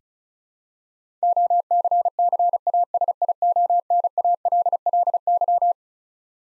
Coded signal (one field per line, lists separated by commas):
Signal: Morse code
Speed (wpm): 36 wpm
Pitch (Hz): 700 Hz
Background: none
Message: OCCASIONALLY